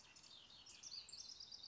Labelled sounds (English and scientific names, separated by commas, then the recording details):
House Wren (Troglodytes aedon)
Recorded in Sonoma County, California